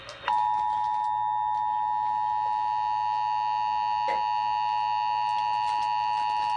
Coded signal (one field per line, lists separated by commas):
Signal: Emergency Alert System (SAME) tones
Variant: 853 and 960 Hz attention tone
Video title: Eas Test